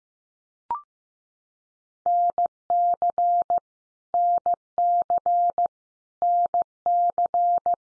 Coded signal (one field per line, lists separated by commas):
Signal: Morse code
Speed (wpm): 15 wpm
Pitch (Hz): 700 Hz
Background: none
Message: NC NC NC